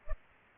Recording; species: mosquito wingbeat signal from an infrared sensor; Culex pipiens